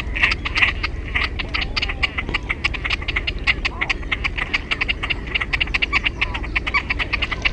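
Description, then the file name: Great crested grebe giving rasping, clicking calls in quick irregular succession, the sound continuous throughout, over low-frequency background noise. "SILKKIUIKKU"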